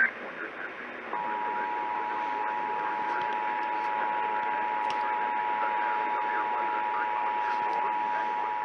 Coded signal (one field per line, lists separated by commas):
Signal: Emergency Alert System (SAME) tones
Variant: 853 and 960 Hz attention tone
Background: speech